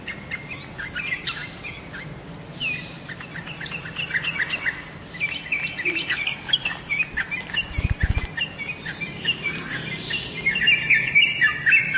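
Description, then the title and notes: Bird chirps, thin and scattered at first, becoming louder and denser toward the end, with a soft hiss and a brief low knock midway. "Bird Sound. Kicau Burung Lengkap"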